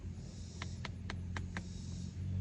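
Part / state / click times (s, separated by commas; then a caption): headrest tilt ratchet in a pickup truck seat / seated / 0.6 s, 0.9 s, 1.1 s, 1.4 s, 1.6 s. The front seat headrest of a 2020 Ford Ranger pickup truck is tilted forward by hand, and its tilt ratchet clicks through successive detent positions. Five sharp, bright clicks sound at 0.6, 0.9, 1.1, 1.4 and 1.6 seconds over a steady low hum. The headrest seats in its detents each time.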